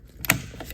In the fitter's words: nice snap from there we can test